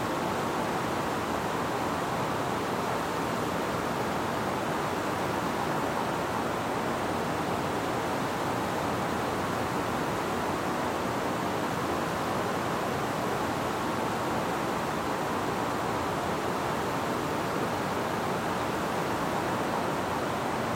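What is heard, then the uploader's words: A steady, dense hiss of white noise runs unchanged throughout, fuller in the low and middle range, like rushing water. Features a soothing blend of gentle sounds, including the soothing hum of white noise and calming nature sounds.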